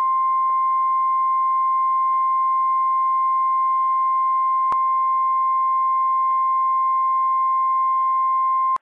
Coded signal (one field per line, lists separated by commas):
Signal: Emergency Alert System (SAME) tones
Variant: 1050 Hz attention tone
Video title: NWS PDT Required Weekly Test - WWF56 - EAS #107 - 10:07 AM PDT 5/26/21